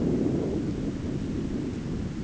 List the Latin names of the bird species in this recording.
none